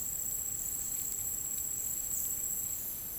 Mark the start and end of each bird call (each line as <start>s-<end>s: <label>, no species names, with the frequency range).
0.70s-0.94s: bird call (5.7-8.6 kHz)
2.07s-2.19s: bird call (6.6-8.5 kHz)